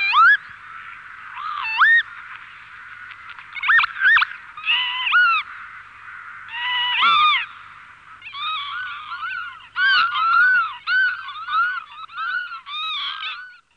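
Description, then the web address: Northern lapwing giving a busy series of whistled, bending notes, scattered at first and then packed into quick repeated phrases toward the end. "Madarak"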